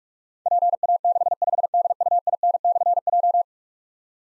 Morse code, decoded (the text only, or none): PA65DUIN/J